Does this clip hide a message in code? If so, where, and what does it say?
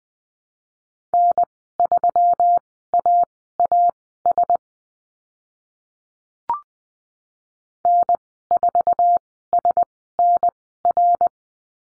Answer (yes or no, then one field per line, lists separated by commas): yes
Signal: Morse code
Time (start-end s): 1.1-11.3 s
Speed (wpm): 20 wpm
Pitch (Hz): 700 Hz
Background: none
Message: N3AAS N4SNR